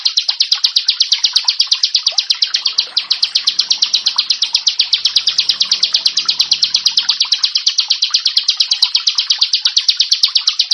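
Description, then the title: Prinia pouring out a quick, unbroken series of buzzy, rasping notes at a constant pitch. "Ciblek Sawah"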